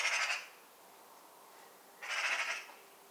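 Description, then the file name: Eurasian magpie giving two brief, harsh, rasping chatter bursts about two seconds apart, with soft hiss between them. "Pica pica"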